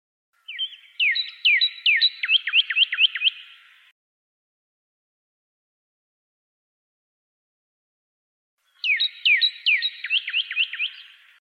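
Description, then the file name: Pyrrhuloxia singing two phrases about five seconds apart, each a run of down-slurred whistled notes that speeds up toward the end. "suara-kicauan-burung-pyrrhuloxia-5-omkicau"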